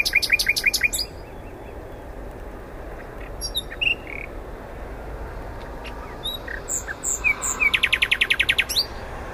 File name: Luscinia megarhynchos